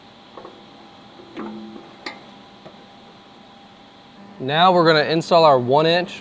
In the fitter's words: Just going to push it in until it snaps and then lock it in with the locking tab.